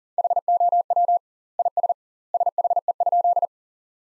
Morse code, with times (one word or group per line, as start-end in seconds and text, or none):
0.2-1.2 HOW
1.6-1.9 IS
2.3-3.5 SHE?